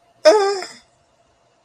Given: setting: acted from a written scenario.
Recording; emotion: vocal sound without words; distress